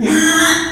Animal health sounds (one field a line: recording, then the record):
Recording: squeal of a Yucatan mini pig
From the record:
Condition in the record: after surgery on the right vocal fold (resection and tissue-engineered implant)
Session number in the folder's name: 3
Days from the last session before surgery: 33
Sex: male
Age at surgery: 12 weeks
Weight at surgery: 13 kg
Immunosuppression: cyclosporine, prednisolone